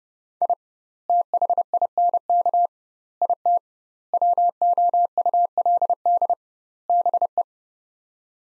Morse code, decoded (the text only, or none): I THINK IT WOULD BE